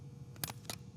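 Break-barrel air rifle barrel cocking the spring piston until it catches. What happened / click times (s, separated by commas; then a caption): The air rifle's cocking latch clicked into place / 0.4 s. With the recoil pad braced against the thigh, the barrel of a break-barrel air rifle is gripped just below the front sight and pulled down to cock the spring piston. A sharp click at 0.4 s, with fainter ticks around it and a second clack near 0.7 s, marks the spring mechanism catching and locking, leaving the rifle charged.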